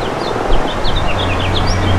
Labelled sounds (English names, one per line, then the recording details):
House Finch song
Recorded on Long Island, New York, on 27 June 2012
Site BE
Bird A